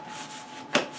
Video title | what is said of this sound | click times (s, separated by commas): Lada Niva - Türscheibe ausbauen | Fensterkurbel drauf, das anfädeln und dann hier einschnappen lassen. | 0.8 s